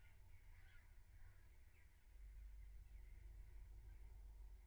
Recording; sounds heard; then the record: poultry house recording; no chicken sound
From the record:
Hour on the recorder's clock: 15